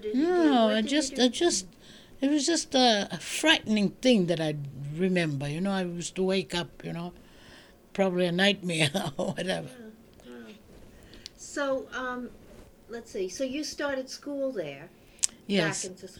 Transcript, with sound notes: No, I just, I just, it was just a frightening thing that I remember, you know. I used to wake up, you know. Probably a nightmare, or whatever. ( she laughs )
So, let's see. So you started school there, back into school.